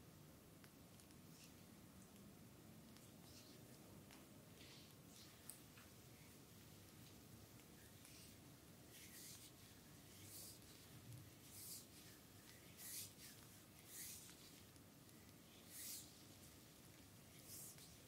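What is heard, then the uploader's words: Full body massage with bamboo makes a steady low rubbing hum, with soft bright swishing strokes growing more frequent in the second half. ASMR Full body massage with bamboo.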